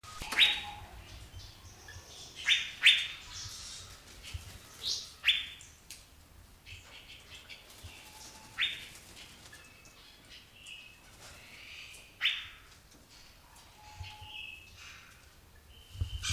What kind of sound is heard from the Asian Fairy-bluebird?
call